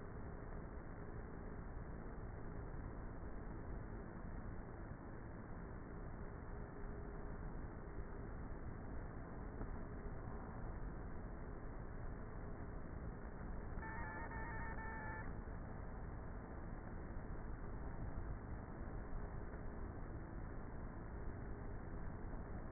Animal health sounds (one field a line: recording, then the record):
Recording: honeybee colony, microphone inside the hive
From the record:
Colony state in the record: queenless with a low population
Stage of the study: before two queens were removed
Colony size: about 30,000 bees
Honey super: no